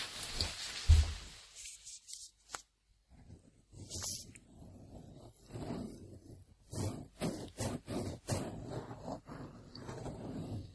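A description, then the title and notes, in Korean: Ear cleaning with irregular scratchy rustles and crackling bursts, some sharp and bright, separated by short quiet gaps, busier toward the end. 귀청소.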